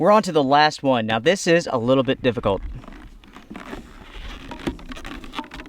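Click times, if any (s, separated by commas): none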